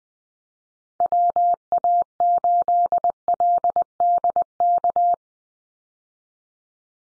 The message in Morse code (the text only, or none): WA8LDK